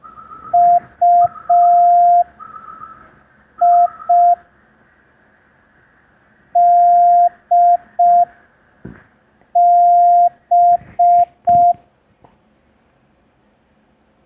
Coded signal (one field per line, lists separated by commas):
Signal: Morse code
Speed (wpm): 5 wpm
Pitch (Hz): 700 Hz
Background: none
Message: UI DB